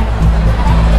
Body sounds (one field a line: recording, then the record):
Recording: background sound without coughing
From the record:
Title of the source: Party Noise 1 Hour Party Ambience